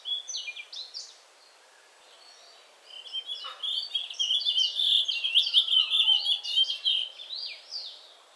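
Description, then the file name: Blue-and-white flycatcher singing a rapid, varied run of high chirps and short whistled notes, pausing briefly before a denser, twittering stretch. "sikatan bakung"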